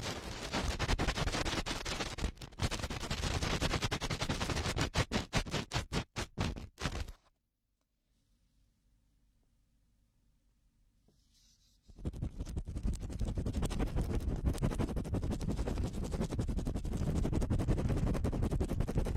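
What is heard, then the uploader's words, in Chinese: Fast, rough ear cleaning: dense, rapid scratching and crackling, full and gritty from low to bright. Around seven seconds it stops abruptly, leaving near silence with a faint low hum, then the vigorous scraping resumes at twelve seconds and continues. 高速、暴力清理耳朵。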